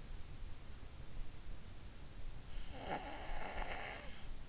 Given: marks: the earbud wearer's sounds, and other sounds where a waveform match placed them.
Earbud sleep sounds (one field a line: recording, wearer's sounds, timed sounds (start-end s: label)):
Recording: sounds in sleep by an in-ear microphone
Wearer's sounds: snoring breath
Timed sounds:
2.57-4.31 s: snoring breath